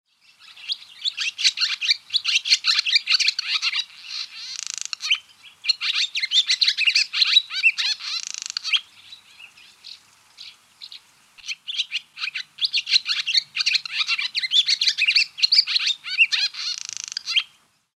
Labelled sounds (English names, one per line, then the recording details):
Barn Swallow
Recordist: Tembrock, Günter
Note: Abendgesang am nächtlichen Ruheplatz